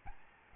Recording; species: mosquito wingbeat signal from an infrared sensor; Aedes albopictus